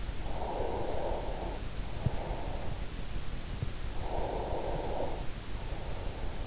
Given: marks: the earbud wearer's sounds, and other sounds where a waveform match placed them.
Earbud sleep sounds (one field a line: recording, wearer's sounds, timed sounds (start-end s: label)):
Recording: sounds in sleep by an in-ear microphone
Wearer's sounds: breath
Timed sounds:
0.14-2.72 s: breath
3.97-6.47 s: breath